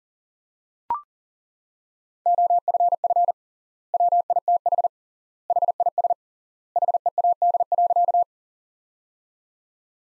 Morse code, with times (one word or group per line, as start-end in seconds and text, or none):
2.3-3.3 OFF
3.9-4.9 WITH
5.5-6.1 HIS
6.8-8.2 HEAD.